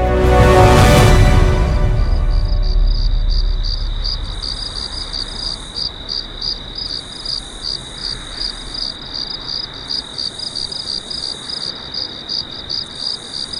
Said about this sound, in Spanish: Y cuando llegó la noche, abrieron el cajón en el que custodiaban todas las historias y leyendas, y con el canto de los grillos, prosiguieron su viaje.